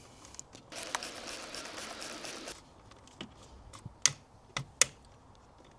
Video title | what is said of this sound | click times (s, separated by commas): How to Change Oil on a BMW F30 320d (DIY Step-by-Step) | And we heard the click. | 4.1 s